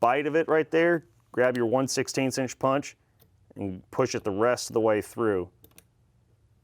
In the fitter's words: not enough meat on that 1/16 to really hold it down initially and there you go snaps right in place good